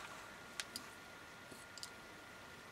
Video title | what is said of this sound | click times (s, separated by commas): Axial Build SCX10 Honcho PART 8 How To Solder ESC Motor Battery Connection receiver Steps 37 39.mpg | we're going to just put a flat screwdriver on the back of those Terminals and push them home until they click | 0.6 s, 1.8 s